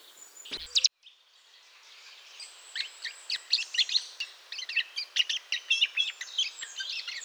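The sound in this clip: Bird chirping: one loud burst of high notes, a short pause, then rapid, varied, high-pitched chirps and twitters that build steadily in a lively sequence.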